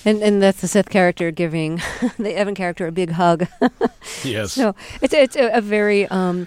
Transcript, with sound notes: And that's the Seth character giving the Evan character a big hug.
(Soundbite of laughter) Yes.
So, it's a very